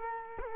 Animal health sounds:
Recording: mosquito wingbeat signal from an infrared sensor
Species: Culex quinquefasciatus

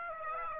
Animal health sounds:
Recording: mosquito wingbeat signal from an infrared sensor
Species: Aedes aegypti

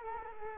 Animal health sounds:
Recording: mosquito wingbeat signal from an infrared sensor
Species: Culex quinquefasciatus

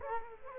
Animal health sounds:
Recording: mosquito wingbeat signal from an infrared sensor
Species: Culex quinquefasciatus

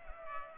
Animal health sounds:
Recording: mosquito wingbeat signal from an infrared sensor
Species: Culex pipiens

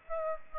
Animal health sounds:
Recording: mosquito wingbeat signal from an infrared sensor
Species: Aedes aegypti

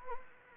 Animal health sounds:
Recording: mosquito wingbeat signal from an infrared sensor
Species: Anopheles gambiae

